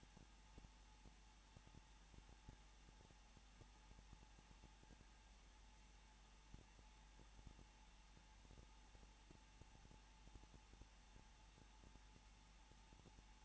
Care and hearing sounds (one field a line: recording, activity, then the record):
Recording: daily activity, microphone in the room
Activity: no activity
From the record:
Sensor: 1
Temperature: 20.2 degrees Celsius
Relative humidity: 35.7%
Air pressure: 994.5 hPa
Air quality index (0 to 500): 182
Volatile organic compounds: 7 ppm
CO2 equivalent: 1997 ppm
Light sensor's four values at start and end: 1/2/1/1 and 1/2/1/1